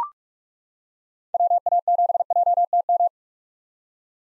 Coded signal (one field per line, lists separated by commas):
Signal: Morse code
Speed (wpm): 42 wpm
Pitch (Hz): 700 Hz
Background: none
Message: WA7JTM